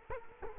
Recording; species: mosquito wingbeat signal from an infrared sensor; Culex quinquefasciatus